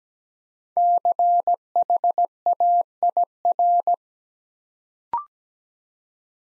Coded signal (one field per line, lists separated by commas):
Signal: Morse code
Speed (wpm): 17 wpm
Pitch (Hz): 700 Hz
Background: none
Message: CHAIR